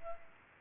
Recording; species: mosquito wingbeat signal from an infrared sensor; Culex pipiens